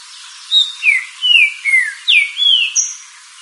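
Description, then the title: Green-winged saltator singing one phrase of about seven clear, down-slurred whistled notes, each brief and sweet, the phrase ending on a higher note. "Trinca Ferro Cantando"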